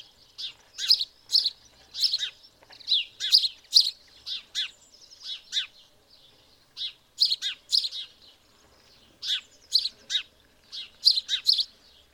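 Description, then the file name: House sparrow giving a steady run of loud, harsh chirps in uneven clusters, roughly two to three each second, with a brief quiet gap midway. "Passer domesticus"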